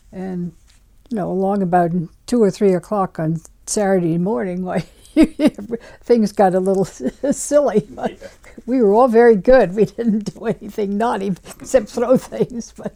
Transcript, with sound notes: And, you know, long about two or three o'clock on Saturday morning, why ( she laughs ) things got a little silly. ( she laughs ) We were all very good. We didn't do anything naughty, except throw things.